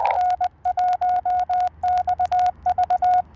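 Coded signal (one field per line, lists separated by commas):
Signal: Morse code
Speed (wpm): 21 wpm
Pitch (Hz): 710 Hz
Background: radio noise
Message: N1XV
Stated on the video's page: CW POTA park activation.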